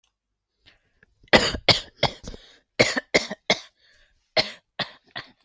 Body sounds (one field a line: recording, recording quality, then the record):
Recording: shallow voluntary cough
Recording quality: excellent, no background noise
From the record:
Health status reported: healthy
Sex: female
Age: 37 years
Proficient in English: yes